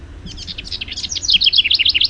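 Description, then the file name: House wren song, a rapid bubbling series of high chattering notes that starts soft and grows louder into a quick run of repeated notes. "HOWR song"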